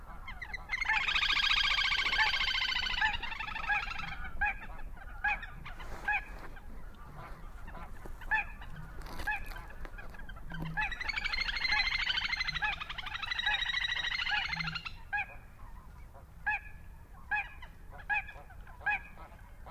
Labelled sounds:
Little Crake

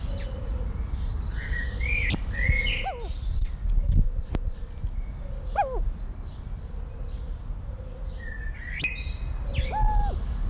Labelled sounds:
Himalayan Snowcock call

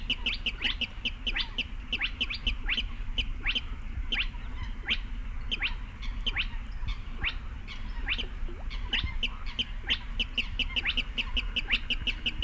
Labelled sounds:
Spotted Crake

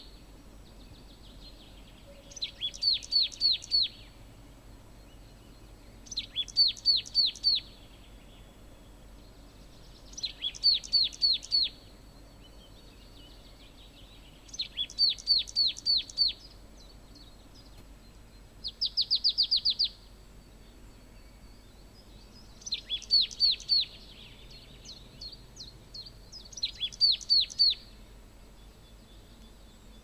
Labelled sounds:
Marsh Tit

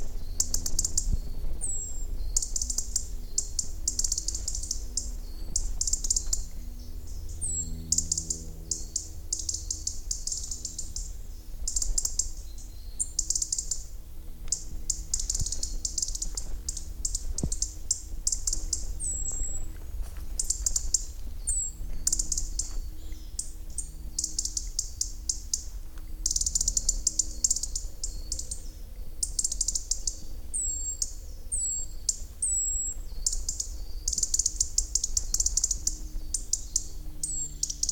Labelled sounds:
European Robin call

